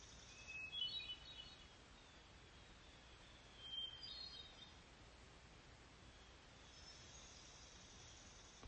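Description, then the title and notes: Hermit Thrush singing: two brief, clear, high phrases a few seconds apart, with quiet hiss and faint low background noise. Singing on a Monday morning, July 6, 2020, beside a pond, heard from a porch as fog lifts after a rainy night. "After a rainy night, the fog over the pond is lifting and a hermit thrush is singing its heart out."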